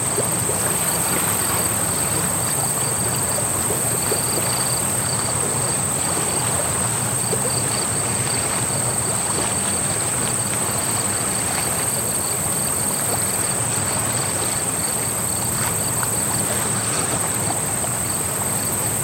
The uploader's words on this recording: Swamp at Night. The faint sounds of frogs and crickets in the background, and the gentle lullaby of a running creek.